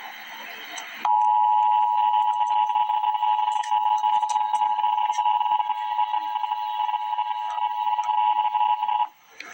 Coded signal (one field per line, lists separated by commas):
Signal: Emergency Alert System (SAME) tones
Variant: 853 and 960 Hz attention tone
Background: speech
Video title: EAS Update - Wind Advisory - Mar 15, 2025 at 2:25 PM EDT